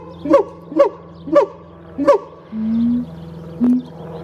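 Siamang calls: four short sharp barks, followed by a longer drawn-out tone and one brief final note.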